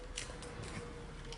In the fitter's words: 这样扣上去，这样就好了。